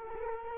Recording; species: mosquito wingbeat signal from an infrared sensor; Culex quinquefasciatus